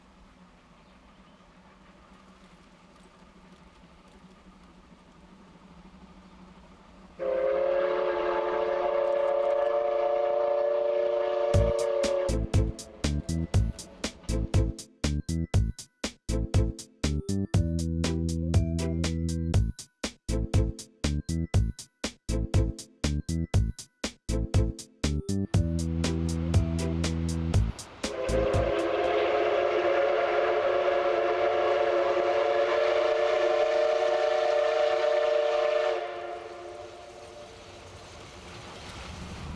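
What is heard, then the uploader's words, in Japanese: A steam locomotive's whistle sounds long and steady from about seven seconds, broken midway by rapid rhythmic chuffing and clanking, then whistles again. JR上越線を走るD51 498牽引の「SL奥利根」と「SLみなかみ物語」です。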